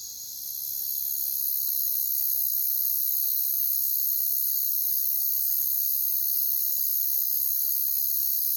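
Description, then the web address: Insect chorus of crickets, a steady high-pitched shimmering drone that swells in over the first second and then holds constant. "Natures Songs Sleep Sounds of Nature CRICKETS Crickets"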